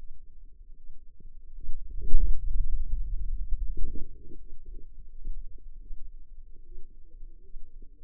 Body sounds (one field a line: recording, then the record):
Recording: forearm muscle sounds (acoustic myography)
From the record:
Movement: hand closing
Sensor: system 2, bracelet of six BSWA MPA416 microphones around the upper forearm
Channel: 5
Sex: female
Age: 25 years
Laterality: right